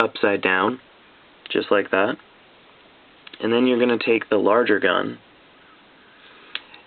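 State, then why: Seated. Someone talks while flipping a toy robot figure's plastic cannon upside down and slipping the larger plastic toy gun into the cannon mount. After the talk stops, a sharp snap at 6.6 seconds marks the gun barrel snapping into place in the cannon.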